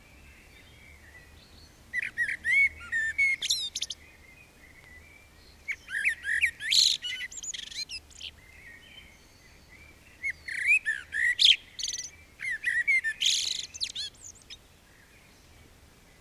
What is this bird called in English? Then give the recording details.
Common Blackbird. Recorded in the wild. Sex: male. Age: adult. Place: Bielefeld-Mitte, Nordrhein-Westfalen, DE. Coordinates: 52.0078, 8.5475. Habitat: residential district. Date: 1968-04-15. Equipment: Uher 4000 Report-S, Bändchenmikro Beyer M 260, Parabolspiegel Polyester (470 mm). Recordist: Conrads, Klaus